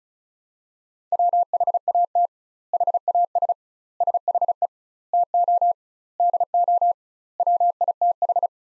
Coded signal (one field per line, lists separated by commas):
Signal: Morse code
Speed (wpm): 34 wpm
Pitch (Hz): 700 Hz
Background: none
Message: WHAT HAS SHE TO DO WITH